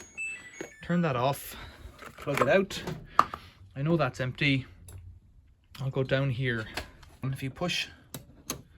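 Someone talks while pushing on the plastic push-latch cover of the lower access panel of a Samsung heat pump tumble dryer to reach the condenser. The cover's push latch clicks gently open at 8.1 s and 8.5 s, releasing the cover.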